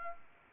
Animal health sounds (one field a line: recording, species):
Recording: mosquito wingbeat signal from an infrared sensor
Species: Anopheles arabiensis